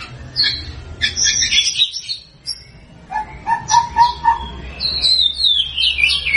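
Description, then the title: White-rumped shama singing varied phrases of sharp high chirps, a short series of lower clear notes, and a falling run of fast twittering notes at the end. Lure sound to make white-rumped shamas respond. "PANCINGAN MURAI BATU GACOR"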